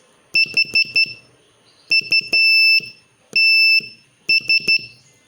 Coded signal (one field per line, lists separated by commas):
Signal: Morse code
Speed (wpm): 13 wpm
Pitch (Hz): 2650 Hz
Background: none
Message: HUTS